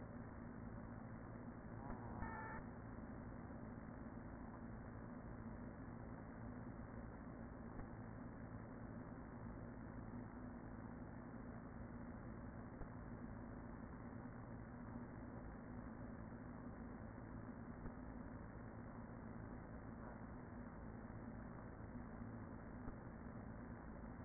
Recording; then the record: honeybee colony, microphone inside the hive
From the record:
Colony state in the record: queen present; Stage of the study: after two queens were removed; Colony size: about 40,000 bees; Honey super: no